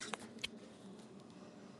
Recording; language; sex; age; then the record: short text; Brazilian Portuguese; female; 40 to 49 years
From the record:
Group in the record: control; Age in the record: 47 years